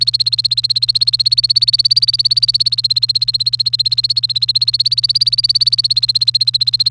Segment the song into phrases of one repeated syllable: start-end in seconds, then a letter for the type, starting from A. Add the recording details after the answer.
0.00-6.90 A. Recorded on 1 May 2018 at 09:33. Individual llb3